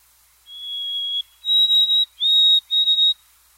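Bird whistling clear, steady tones, a long even note followed by three shorter higher whistles, the last broken into quick pulses; nothing else audible.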